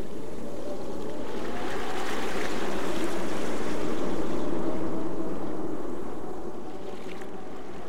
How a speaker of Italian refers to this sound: Il mare.